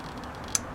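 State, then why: Seated. A wiring harness plug is pushed back onto the ignition coil of a GSXR sport bike after a spark plug change. Its plastic connector latch gives one sharp click at 0.6 s over quiet background noise, and the connector is seated.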